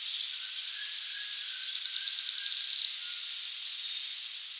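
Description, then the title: Araucaria tit-spinetail song: a high, thin trill of rapid notes that grows louder and ends with a falling note, about one second long. "LuckyPassaro Completos2Sama. Araucaria Tit-Spinetail (Leptasthenura setaria)"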